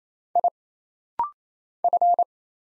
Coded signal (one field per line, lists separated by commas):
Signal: Morse code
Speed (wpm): 27 wpm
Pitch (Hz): 700 Hz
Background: none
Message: I F